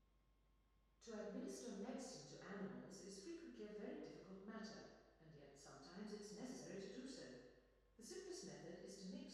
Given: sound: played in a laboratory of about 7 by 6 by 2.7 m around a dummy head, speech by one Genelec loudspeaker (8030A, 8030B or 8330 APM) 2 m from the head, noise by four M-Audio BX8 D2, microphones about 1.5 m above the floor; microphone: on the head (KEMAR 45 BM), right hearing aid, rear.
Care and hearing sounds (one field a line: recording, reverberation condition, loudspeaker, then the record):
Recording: female speech in English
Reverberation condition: high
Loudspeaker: 90 degrees to the left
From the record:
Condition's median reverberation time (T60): about 1300 ms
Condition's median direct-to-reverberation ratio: about -4.0 dB